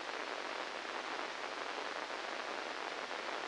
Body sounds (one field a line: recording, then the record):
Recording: brain microelectrode recording played as sound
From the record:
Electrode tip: inside the subthalamic nucleus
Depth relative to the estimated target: 1 mm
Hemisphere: left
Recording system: NeuroSet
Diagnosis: Parkinson's disease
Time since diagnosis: 10 years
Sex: male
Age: 63 years